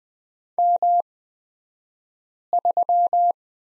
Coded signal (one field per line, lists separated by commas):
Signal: Morse code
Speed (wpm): 20 wpm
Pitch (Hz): 700 Hz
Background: none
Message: M3